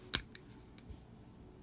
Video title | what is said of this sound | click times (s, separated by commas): Hot Wheels Star Wars Concept Series TIE Fighter | in the port like so hear that click and you're | 0.1 s